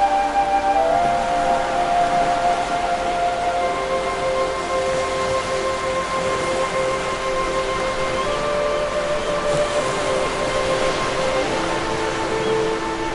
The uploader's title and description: Ocean Waves, Seagulls, Birds, Relaxing Music & Nature Sounds. Gentle ocean waves serenade the shore, as seagulls gracefully soar overhead, their calls blending harmoniously with the chorus of enchanting birdsong